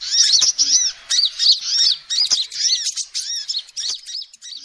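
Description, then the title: Lovebird calls: continuous shrill chattering of short arched, squeaky notes tumbling rapidly in bursts, with faint clicks. Recording used as a lure to trap birds. "PIKAT BURUNG LOVEBIRD"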